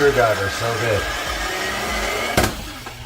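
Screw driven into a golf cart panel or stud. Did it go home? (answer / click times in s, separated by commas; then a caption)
no / 2.4 s. Someone talks while a power screwdriver drives a screw into a golf cart panel or stud, with a steady low whirring hum underneath. A single sharp hit sounds at 2.4 s as the bit or thread slips, and the screw strips out and will not be reused.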